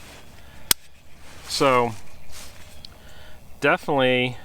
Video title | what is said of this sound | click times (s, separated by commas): Gerber Double Down Folding Machete bushcraft tool | you can hear it engage it makes a solid click sound | 0.7 s